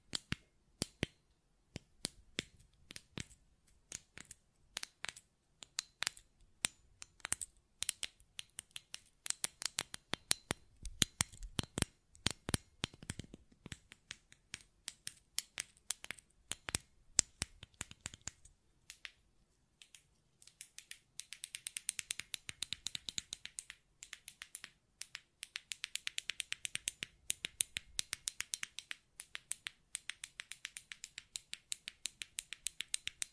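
Sharp button clicks and taps arrive in irregular bursts, sparse at first, then turning into faster, denser, brighter clicking after about twenty seconds.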